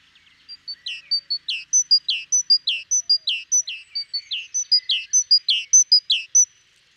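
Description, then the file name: Great tit singing a steady string of paired notes, high then dropping, repeated about every half second without a break for the whole stretch. "Parus major"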